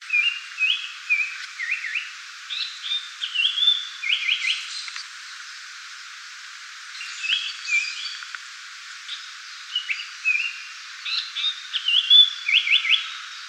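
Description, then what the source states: Japanese paradise flycatcher song: clear whistled notes and rapid slurred trills, delivered in phrases with a quiet gap around the middle before singing resumes. Recorded 26 June 2016.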